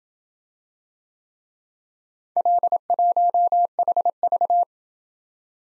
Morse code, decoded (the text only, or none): L1HV